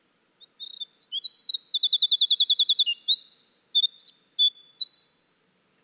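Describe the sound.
Winter wren delivering a long, bubbly song of high tinkling notes, a steady rapid trill in the first half, then a tumbling mix of squeaky twitters.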